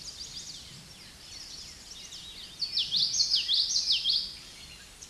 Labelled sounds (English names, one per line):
Common Yellowthroat song